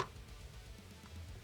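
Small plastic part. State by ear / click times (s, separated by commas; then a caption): not seated / none. A plastic internal part is handled as it is put back up into a new automatic transmission pan, with care taken not to scrape any dirt into the pan. A brief handling sound at the start gives way to a low, steady rumble with a few faint ticks. The part has not snapped into place yet; nothing has seated or clicked in this clip.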